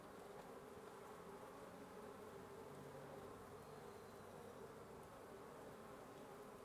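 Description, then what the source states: Constant wasp drone with a low fluttering undertone, the massed buzzing holding even for the whole stretch. Wasp nest under the roof of a residence in Antigua Guatemala, Guatemala; recorded in the morning.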